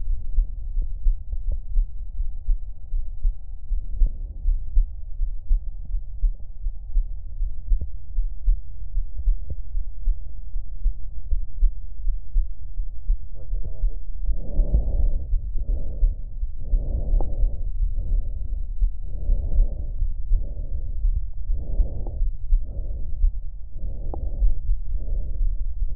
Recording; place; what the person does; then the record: lung sounds by stethoscope; right anterior apical chest; quiet breathing, then deep breathing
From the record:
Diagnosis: none (healthy); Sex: male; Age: 29 years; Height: 180 cm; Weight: 100 kg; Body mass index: 30.9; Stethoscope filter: extended mode